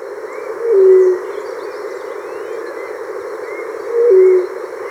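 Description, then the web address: White-throated quail-dove giving two deep, soft hooting notes about three seconds apart, each short and slightly falling, against a constant background hiss. Recorded in Ecuador. "Birds of Ecuador. White-Throated Quail-Dove"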